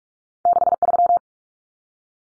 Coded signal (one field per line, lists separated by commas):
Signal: Morse code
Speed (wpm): 44 wpm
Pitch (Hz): 700 Hz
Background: none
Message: 63